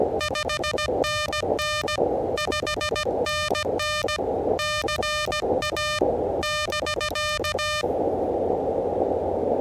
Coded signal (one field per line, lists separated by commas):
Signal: Morse code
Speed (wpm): 16 wpm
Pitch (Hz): 2400 Hz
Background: music, radio noise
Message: 5NN 5NN CA <BK>